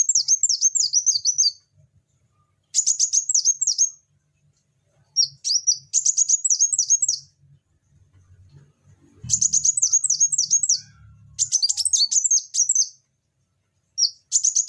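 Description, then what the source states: Spiderhunter song in repeated bursts of quick, piercing, descending chips, each burst lasting up to about two seconds with gaps between; faint low noise at times. Song described as lively, clear and long.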